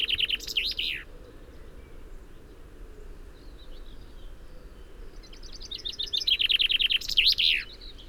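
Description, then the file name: Common chaffinch song heard twice: the end of one song with its flourish at the start, then after a quiet stretch with soft chirps, a full trill ending in a flourish. "Fringilla coelebs"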